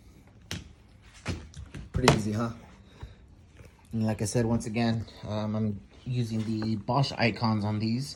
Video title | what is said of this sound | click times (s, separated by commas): Replacing windshield wipers 2012 Ford Explorer. | of fold and then you just grip it and then just hear it snap and you're set pretty | 0.5 s